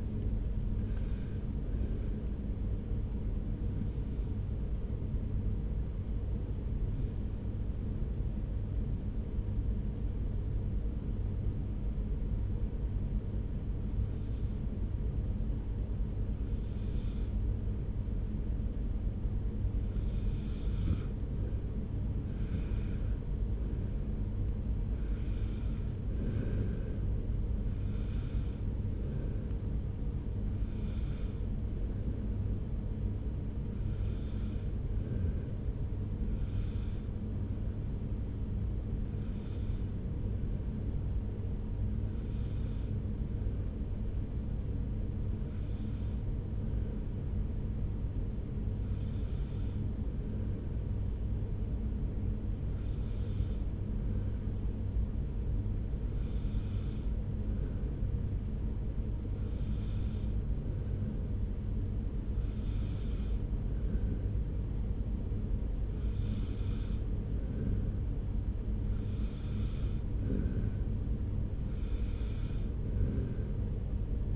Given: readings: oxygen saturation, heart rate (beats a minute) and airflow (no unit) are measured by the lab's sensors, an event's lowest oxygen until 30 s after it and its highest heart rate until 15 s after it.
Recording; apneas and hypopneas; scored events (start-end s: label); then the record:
breathing in sleep by a smartphone at the bedside; 2
6.00-22.40 s: hypopnea (N2, oxygen 96% highest, then 92% lowest)
36.00-52.40 s: hypopnea (N2, oxygen 96% highest, then 93% lowest)
37.00-74.36 s: new sleep stage, N1 (lightest sleep)
From the record:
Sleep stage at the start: N2 (light sleep); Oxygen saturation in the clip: 92 to 96%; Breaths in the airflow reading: 21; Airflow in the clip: -2.5 to 3.0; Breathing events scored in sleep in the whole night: 335 in 6.7 hours asleep